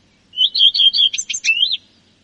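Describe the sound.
Common redstart song: a short phrase of clear, slightly wavering whistled notes, then a quick scratchy jumble and a final rising-falling note.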